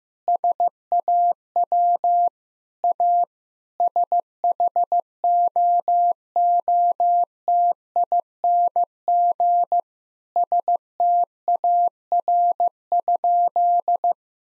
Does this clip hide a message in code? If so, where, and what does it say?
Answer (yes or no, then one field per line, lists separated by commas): yes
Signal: Morse code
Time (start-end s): 0.3-14.1 s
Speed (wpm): 16 wpm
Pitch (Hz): 700 Hz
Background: none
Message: SAW A SHOOTING STAR?